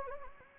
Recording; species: mosquito wingbeat signal from an infrared sensor; Anopheles gambiae